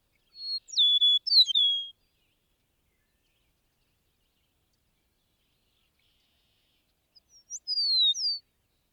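Eastern meadowlark song: two clear whistled phrases of slurred, downward-sliding notes, separated by several seconds of silence.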